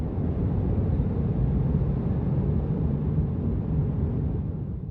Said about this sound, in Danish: Først får undervognen et lille skyld for at fjerne sne og is og eventuelt snavs.